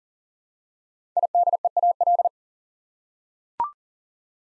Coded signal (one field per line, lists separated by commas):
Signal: Morse code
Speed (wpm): 40 wpm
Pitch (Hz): 700 Hz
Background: none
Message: IDEAL